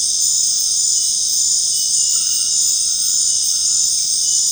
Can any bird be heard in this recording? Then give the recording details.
no. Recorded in secondary vegetation near Puerto Asís, Putumayo, Colombia, on 19 March 2025 at 19:00. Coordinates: 0.502, -76.326. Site G100